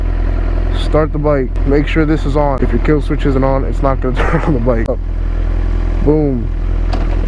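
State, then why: Seated. Someone talks over the steady low rumble of a running Suzuki GSX-R 600 sport motorcycle. With the clutch pulled in, the gear shift lever is pressed down and the transmission clicks into first gear at 6.9 s, nudging the bike forward slightly.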